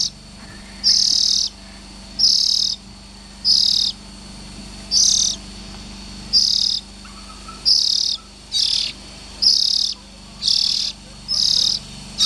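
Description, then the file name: Oriental magpie-robin rasping calls, short hissy high bursts repeated in a long series, with a faint low hum beneath. Young birds. "Tieng chim chich choe than non"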